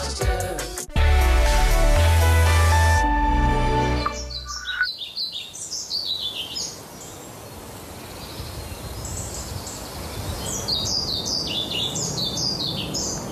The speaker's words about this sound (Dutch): Maar binnen in het Goois Natuurreservaat heb je ook een Tafelberg en een heide. En daar hoorden ze de bonte vliegenvanger.